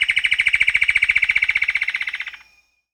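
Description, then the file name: Plumbeous antbird call: a rapid, evenly pulsed series of harsh notes lasting over two seconds, fading at the end. Peru, Amazon. "Plumbeous Antbird (Myrmeciza hyperythra), Peru"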